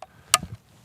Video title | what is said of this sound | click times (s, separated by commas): Sako 85 Carbonlight Unboxing | here's my click make sure it hasn't loosened there at all click click | 0.0 s, 0.3 s